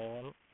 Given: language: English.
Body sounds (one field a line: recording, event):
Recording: throat vibration sensor signal played as sound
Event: speech